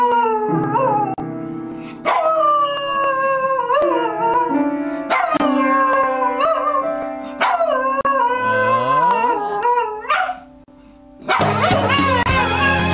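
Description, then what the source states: Dog howling: long, wavering howls sliding up and down. Dog sitting with hind legs on a stool and a front paw on the piano, plonking the keys and then singing.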